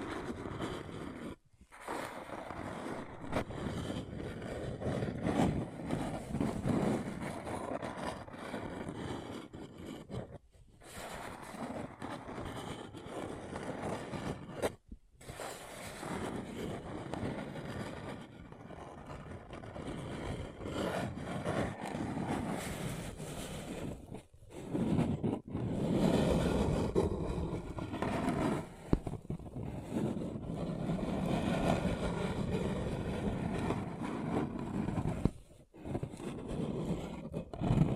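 Paper cup tingles: a dense, continuous crinkling and rubbing texture that fills the sound from low rumble to bright crackle. It stops briefly at about 1, 10, 15, 24 and 35 seconds, then resumes at a similar steady level, with some louder stretches after 25 seconds.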